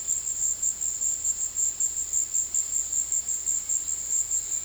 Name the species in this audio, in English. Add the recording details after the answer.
none. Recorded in secondary vegetation near Puerto Asís, Putumayo, Colombia, on 19 February 2024 at 15:30. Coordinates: 0.481, -76.323. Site G6376